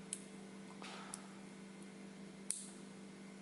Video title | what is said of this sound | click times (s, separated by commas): Tudor Black Bay Steel 2018 M79730-0005 Review | also this very satisfying click. | 2.5 s